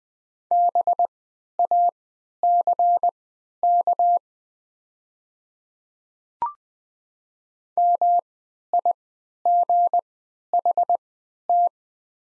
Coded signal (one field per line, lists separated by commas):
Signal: Morse code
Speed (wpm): 20 wpm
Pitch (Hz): 700 Hz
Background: none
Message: BACK MIGHT